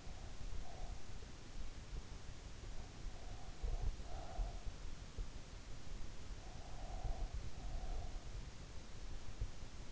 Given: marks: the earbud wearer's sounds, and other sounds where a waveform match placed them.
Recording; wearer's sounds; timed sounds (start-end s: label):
sounds in sleep by an in-ear microphone; breath
0.00-1.08 s: breath
3.37-4.65 s: breath
6.85-8.20 s: breath